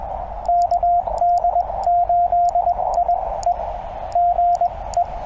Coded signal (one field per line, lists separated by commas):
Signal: Morse code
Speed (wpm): 19 wpm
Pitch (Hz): 700 Hz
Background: radio noise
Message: KD8IE GE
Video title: CW POTA WITH MY TR-35...AND DX TOO! #cw #morsecode #parksontheair